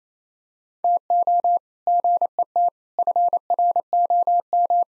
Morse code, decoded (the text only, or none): TO GET FROM